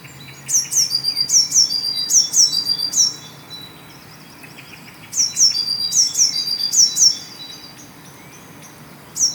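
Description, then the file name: Eurasian blue tit gives high, sharp downslurred calls with buzzy trailing notes, in two quick series of several, then a lone note at the end. "Cyanistes caeruleus"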